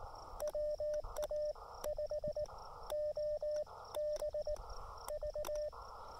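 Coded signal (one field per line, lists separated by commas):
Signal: Morse code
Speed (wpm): 18 wpm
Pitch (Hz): 600 Hz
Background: radio noise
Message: WA5OBV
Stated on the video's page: Morse from a summit activation using an Elecraft KX2 transceiver with a CHA MPAS Lite antenna.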